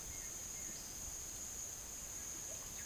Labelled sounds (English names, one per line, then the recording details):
none
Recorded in secondary vegetation near Puerto Asís, Putumayo, Colombia, on 21 March 2025 at 10:00
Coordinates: 0.489, -76.322
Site G042